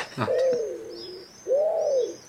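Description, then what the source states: Common wood pigeon calling two soft, arched hooting notes about a second apart, each rising then falling, with faint high thin whistles above. Calling wood pigeon giving an alarm call; played from a recording during a bird-sound quiz.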